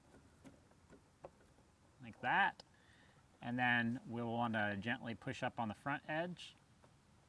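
Someone talks while a rear backup camera (part 23205689) for a 2010-2016 Cadillac SRX is hooked in at its back hinge edge and its front edge is gently pushed up into the liftgate trim housing. There are only faint handling ticks, one near 1.3 s. Nothing has seated or clicked yet.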